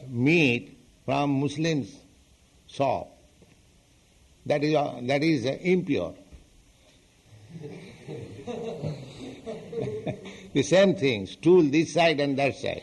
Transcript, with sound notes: meat from Muslims' shop. That is impure. [laughter] The same thing: stool this side and that side.